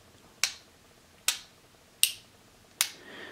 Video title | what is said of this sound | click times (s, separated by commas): Taurus Gaucho Review | action has the four clicks just | 0.4 s, 1.3 s, 2.0 s, 2.8 s